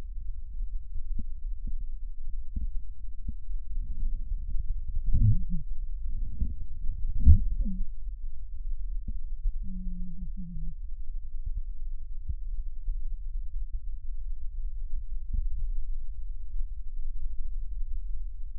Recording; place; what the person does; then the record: lung sounds by stethoscope; right posterior basal chest; quiet breathing, then cough and speech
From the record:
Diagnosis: interstitial lung disease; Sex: female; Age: 65 years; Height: 156 cm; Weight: 66.8 kg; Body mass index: 27.4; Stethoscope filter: bell mode